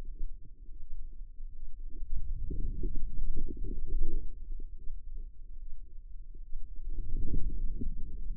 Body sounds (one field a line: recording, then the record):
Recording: forearm muscle sounds (acoustic myography)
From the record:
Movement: ulnar deviation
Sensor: system 2, bracelet of six BSWA MPA416 microphones around the upper forearm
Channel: 5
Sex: female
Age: 25 years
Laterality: right